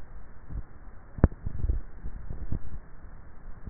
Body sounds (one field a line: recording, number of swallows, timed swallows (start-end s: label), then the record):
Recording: swallowing sounds by neck microphone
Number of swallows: 1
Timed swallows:
1.52-2.58 s: swallow
From the record:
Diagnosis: dysphagia